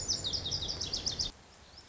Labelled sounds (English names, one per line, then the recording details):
Lazuli Bunting
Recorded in Sonoma County, California